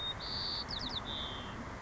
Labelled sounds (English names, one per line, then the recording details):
White-crowned Sparrow
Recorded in Sonoma County, California